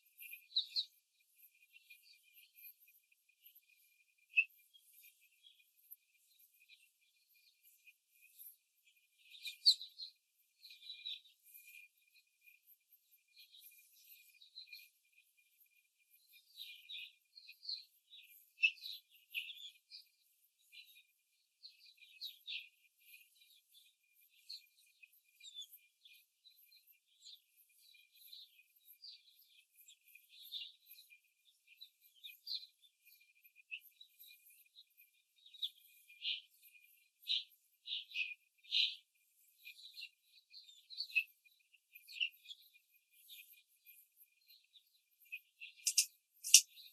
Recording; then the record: young laying hens in a cage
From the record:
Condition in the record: control cage, before the stress test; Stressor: none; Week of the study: 4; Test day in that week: 1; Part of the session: 2